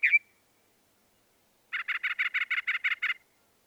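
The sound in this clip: Northern mockingbird song: a single sharp note, a short silence, then a rapid chattering series of about ten buzzy notes.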